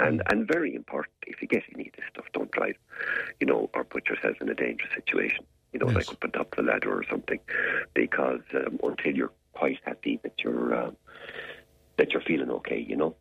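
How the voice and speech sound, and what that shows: A man speaks fluently over a radio line in a low-pitched voice that is rough and creaky, with reduced clarity. This is hoarseness from a mild laryngitis, generally caused by a virus and expected to settle with voice rest, avoiding smoke, and honey.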